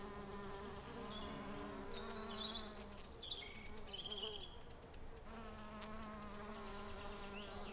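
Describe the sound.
Bee buzzing: a humming drone that weakens briefly midway, with bird whistles and chirps above it.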